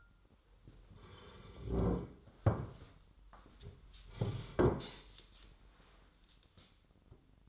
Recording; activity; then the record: daily activity, microphone in the room; sit down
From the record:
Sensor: 3